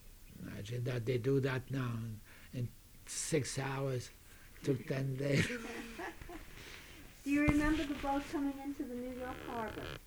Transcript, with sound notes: Imagine that, they do that now, in six hours. It took ten days. ( he laughs )
Do you remember the boat coming into the New York Harbor,